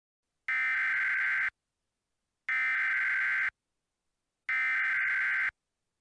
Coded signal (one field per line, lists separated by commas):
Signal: Emergency Alert System (SAME) tones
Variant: header bursts